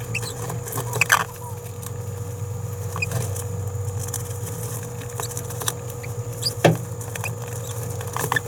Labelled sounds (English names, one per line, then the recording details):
Green-rumped Parrotlet babbling
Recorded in a nest box in Venezuela
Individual 18B17A4